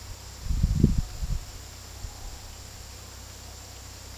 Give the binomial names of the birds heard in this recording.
none